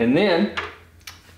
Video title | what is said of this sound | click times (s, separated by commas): HIBOY S2R ELECTRIC Scooter / Unboxing, Showcase + Review! | is going to just clip right in and you'll hear that click and then you know it's in there and | 1.0 s, 1.1 s